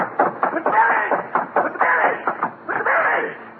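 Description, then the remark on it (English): A broken rubber duck squeaks in a rapid string of hoarse, honking bursts, mid-pitched and fairly loud, almost clucking, with a few longer wheezy squawks and no talk. “I broke my rubber duck.”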